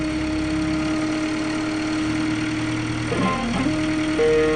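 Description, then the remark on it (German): An aluminium Subaru engine, taken from a dented Subaru and mounted in the front of a homebuilt aircraft, revving at about 5500 rpm, a steady, buzzing drone with a strong tonal whine that wavers and dips briefly, then steps up to a higher pitch at the end. No voices. “Oh, 5500 Umdrehungen!”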